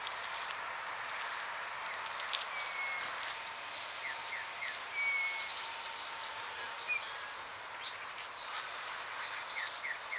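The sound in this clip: Eurasian bullfinch piping calls, three soft whistles given singly, over steady background hiss with faint high chirps from other birds.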